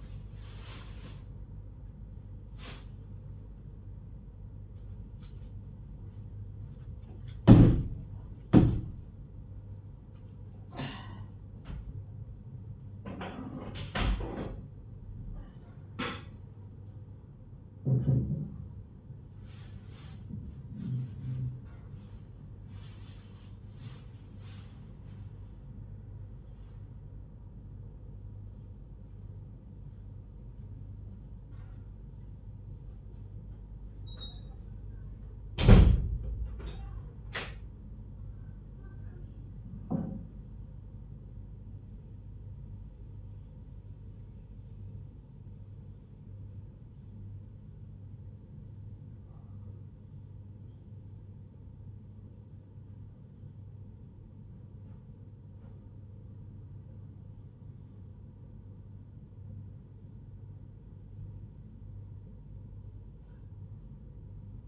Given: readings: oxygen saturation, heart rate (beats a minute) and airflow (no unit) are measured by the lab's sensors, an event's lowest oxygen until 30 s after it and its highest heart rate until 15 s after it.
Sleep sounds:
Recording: a person awake in a sleep study, by a smartphone at the bedside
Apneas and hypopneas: none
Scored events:
none scored
From the record:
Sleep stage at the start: awake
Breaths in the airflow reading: 19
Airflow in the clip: -0.7 to 0.7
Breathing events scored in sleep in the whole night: 158 in 7.3 hours asleep

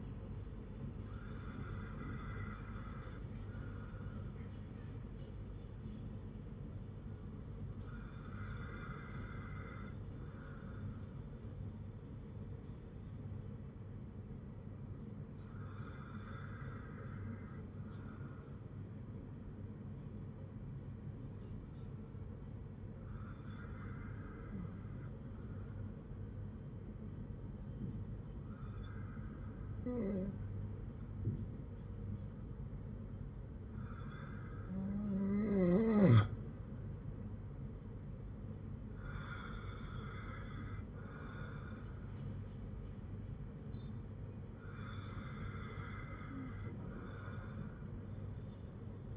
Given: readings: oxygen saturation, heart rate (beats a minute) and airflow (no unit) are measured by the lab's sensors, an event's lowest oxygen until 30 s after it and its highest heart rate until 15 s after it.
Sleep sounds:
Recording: breathing in sleep by a smartphone at the bedside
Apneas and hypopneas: none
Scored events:
none scored
From the record:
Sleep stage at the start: N2 (light sleep)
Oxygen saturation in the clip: 95 to 97%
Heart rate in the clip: 51 to 59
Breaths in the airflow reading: 8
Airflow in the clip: -7.7 to 5.0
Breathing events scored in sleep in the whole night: 182 in 7.4 hours asleep

